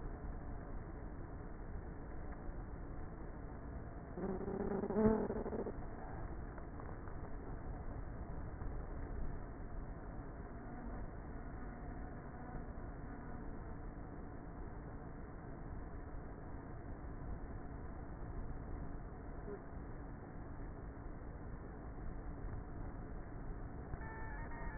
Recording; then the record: honeybee colony, microphone inside the hive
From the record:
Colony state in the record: queenless with a low population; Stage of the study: before two queens were removed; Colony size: about 30,000 bees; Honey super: no